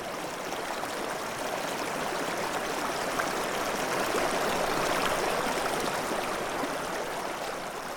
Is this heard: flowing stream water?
yes